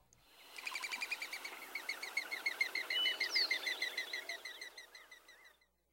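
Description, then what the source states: Mourning Dove wing whir: a rapid, rhythmic run of high, twittering whistles, building and then fading over roughly five seconds. Distinctive wing whir, often heard when the bird takes off.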